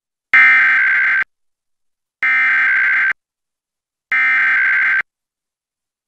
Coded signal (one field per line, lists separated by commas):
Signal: Emergency Alert System (SAME) tones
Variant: header bursts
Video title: EAS Test #3: Indiana Required Monthly Test for August 2022 on WXIN FOX 59 - 8/18/2022